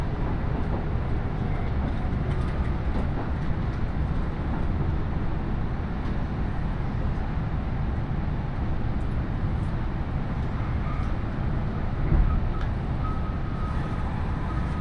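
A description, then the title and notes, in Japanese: A train ride on the Iida Line from Tatsuno to Ina-shi: a steady low rumble throughout, with faint clicks and a brief bump near twelve seconds. 鉄道旅 飯田線 辰野→伊那市。やってきたのは313系の2両編成。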